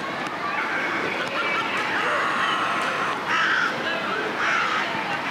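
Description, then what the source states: Crows giving harsh, ragged caws over a constant noisy wash, with a few louder calls standing out near the end. A chorus of crows calling together.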